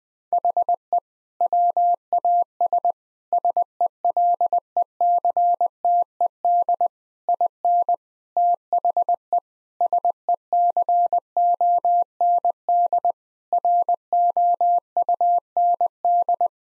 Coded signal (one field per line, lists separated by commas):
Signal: Morse code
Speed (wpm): 20 wpm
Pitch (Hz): 700 Hz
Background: none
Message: HE WAS SELECTED IN THE SECOND ROUND